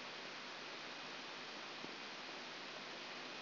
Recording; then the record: brain microelectrode recording played as sound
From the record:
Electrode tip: outside the subthalamic nucleus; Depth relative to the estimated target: -8 mm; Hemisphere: left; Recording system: AlphaMap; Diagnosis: Parkinson's disease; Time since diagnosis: 15 years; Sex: female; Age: 68 years